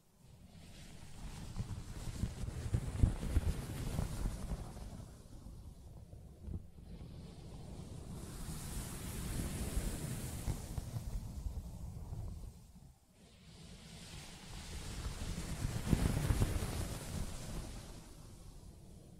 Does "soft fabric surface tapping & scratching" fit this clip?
yes